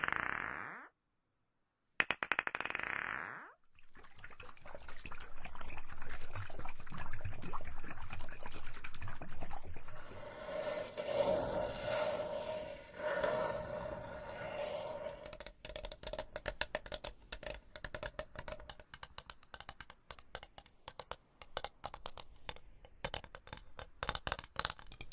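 Scratching and tapping sounds shift every few seconds, starting with a brief swoosh and silence, then dense rubbing and a fast crackly patter.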